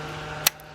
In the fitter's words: you can actually put your finger now between it it's locked so it doesn't move until you press it back in like that so